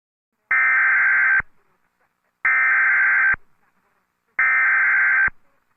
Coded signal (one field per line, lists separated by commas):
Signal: Emergency Alert System (SAME) tones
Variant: header bursts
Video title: Watermark | EAS - What if EAS Alerts were activated during 9/11?